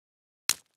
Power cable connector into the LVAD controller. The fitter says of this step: but allow it to naturally lock in place a good connection will result in an audible click